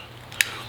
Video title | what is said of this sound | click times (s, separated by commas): MILWAUKEE FASTBACK 5-in-1 POCKET KNIFE REVIEW | it then it locks in place | 0.4 s